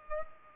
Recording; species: mosquito wingbeat signal from an infrared sensor; Culex pipiens